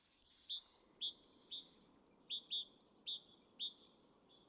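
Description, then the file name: Great tit song, a clear two-note phrase with a high whistle then a lower one, repeated steadily several times over a faint low hiss. "Parus major"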